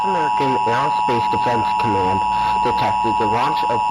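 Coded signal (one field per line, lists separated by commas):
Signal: Emergency Alert System (SAME) tones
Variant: 853 and 960 Hz attention tone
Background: speech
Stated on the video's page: Fictional EAS scenario.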